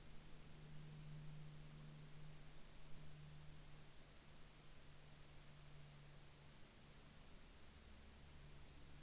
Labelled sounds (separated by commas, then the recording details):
aircraft
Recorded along the Dempster Highway, Canada, on 4 October 2020 at 08:02
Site 22